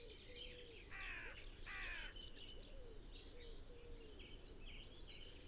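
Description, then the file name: Eurasian blue tit calling: runs of high, thin notes, many dropping at the end, quick in succession. A harsh, raspy burst cuts in twice near the start. "Cyanistes caeruleus"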